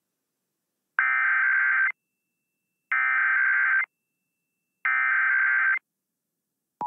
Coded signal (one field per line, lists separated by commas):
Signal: Emergency Alert System (SAME) tones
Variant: header bursts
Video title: Tests To Cap Off July (EAS #21077-21107) 7/31/24